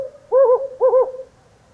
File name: Humes Owl Compound Hooting Of Male During Lunar Eclipse